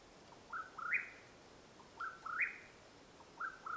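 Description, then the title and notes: Mexican whip-poor-will, a whistled phrase climbing in three steps, heard twice in quick succession with a third starting at the end, against a soft hiss. Call at nightfall in Madera Canyon, Arizona, 21 April 2022. "The call of the Mexican Whip-poor-will at nightfall in Madera Canyon, AZ. Recorded April, 21 2022."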